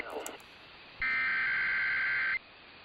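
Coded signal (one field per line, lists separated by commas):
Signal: Emergency Alert System (SAME) tones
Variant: header bursts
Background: speech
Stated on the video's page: Real required monthly and weekly tests, some received via FM translators; some weekly tests carried as scroll without tones.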